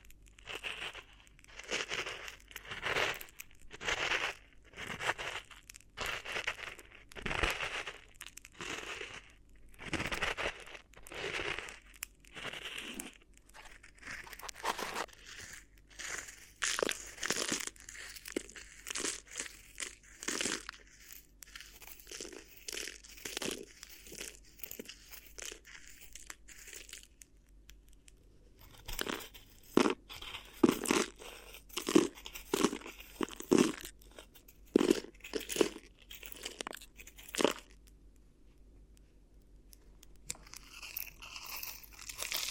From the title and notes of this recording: ASMR Addictive Crinkly Ear Massage (No Talking).